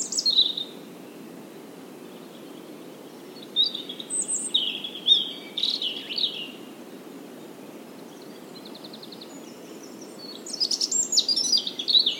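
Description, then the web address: European robin song: a short high note, then a run of varied, squeaky warbled notes, a pause, and a final rapid jangling phrase over steady hiss. "SETE Erithacus rubecula"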